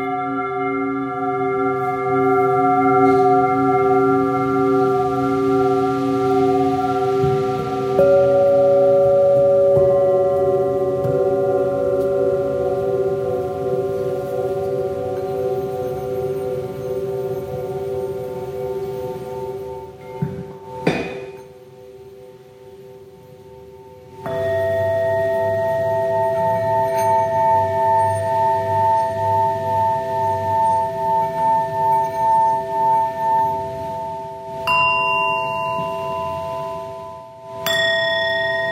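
Tibetan singing bowls ring in long, sustained tones that overlap and slowly fade, with a new bowl struck around eight seconds. Near the middle the sound briefly drops almost to silence before fresh strikes bring back a full, shimmering drone with bright upper ringing.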